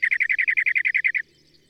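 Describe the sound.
Bird song: a fast, even trill of about twelve bright chirping notes that stops abruptly after about a second, followed by quiet.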